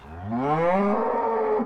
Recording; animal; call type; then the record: contact call of a hoofed animal; cattle; low-frequency (closed-mouth) or high-frequency (open-mouth) call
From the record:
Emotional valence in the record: negative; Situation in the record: full separation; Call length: 1.66 s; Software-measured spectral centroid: 920 Hz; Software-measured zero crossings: 1180 a second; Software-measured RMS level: -24 dBFS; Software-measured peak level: -10 dBFS